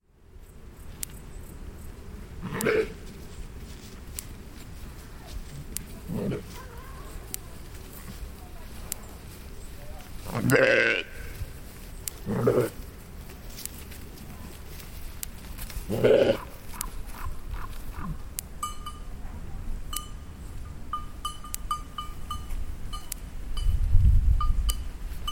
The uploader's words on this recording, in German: Bergwiese mit Schafen – hinter Elektrozaun (Achberg, Chiemgau). Bergwiese am Rand von Achberg (Achental, Chiemgau). Im Vordergrund hört man deutlich das regelmäßige Klick-Geräusch des Elektrozauns, im Hintergrund die Schafe.